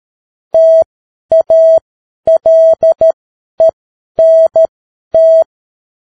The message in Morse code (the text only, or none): TALENT